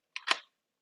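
The plastic outer barrel of a blue and white Cpszship M4A1 gel ball blaster with drum magazine is lined up with the notches and the inner barrel, then pushed onto the receiver. A sharp click at 0.2 s is followed by a louder snap at 0.3 s. The barrel is seated on the receiver.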